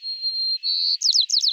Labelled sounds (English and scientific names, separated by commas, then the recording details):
White-crowned Sparrow (Zonotrichia leucophrys) song
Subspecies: nuttalli
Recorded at Elkhorn Slough, California, in 2014
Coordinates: 36.810, -121.789
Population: admixed
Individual ELKH_maleA